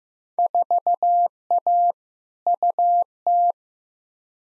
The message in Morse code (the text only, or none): 4A UT